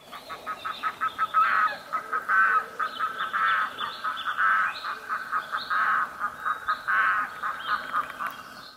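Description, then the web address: Bird cackling calls, a rapid series of harsh honking notes swelling into louder bursts about once a second, with no other clear sounds. "linnut kaaklento"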